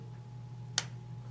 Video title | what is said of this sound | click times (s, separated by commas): OmniMetrix 2G to 4G Radio Upgrade for Rectifier Monitors | you'll hear a click when you get it inserted correctly | 0.8 s